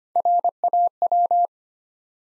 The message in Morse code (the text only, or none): RAW